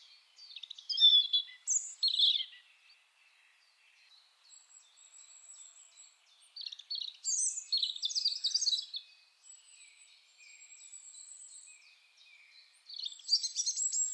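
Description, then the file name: European robin delivering several separate high, sweet warbled phrases with thin sustained whistles between them, pauses filled by soft faint notes. "Erithacus rubecula"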